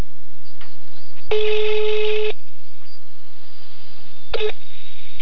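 A telephone ringback tone buzzes for about a second, goes quiet, then starts again near the end, steady and fairly loud over a low background hum, with no voices, as someone phones a restaurant to make a reservation.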